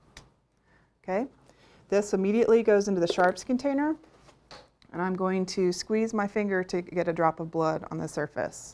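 A single-use plastic safety lancet, held against the side of a fingertip, is pressed until its spring mechanism fires, releasing with a short sharp click at 0.2 s. Afterward someone talks, and another brief sharp sound occurs at about 4.5 s.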